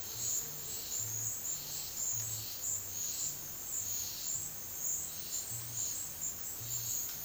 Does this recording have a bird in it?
no